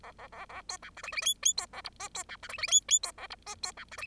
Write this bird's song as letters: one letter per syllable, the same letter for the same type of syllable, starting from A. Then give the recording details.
A A A A B C D E E F F B A G H B C D E E F F B A G H B C D E. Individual Bird0